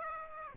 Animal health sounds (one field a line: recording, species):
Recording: mosquito wingbeat signal from an infrared sensor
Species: Aedes aegypti